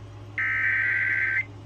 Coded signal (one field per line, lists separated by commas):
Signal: Emergency Alert System (SAME) tones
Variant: header bursts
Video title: Severe Thunderstorm Warnings (EAS #1555-1556)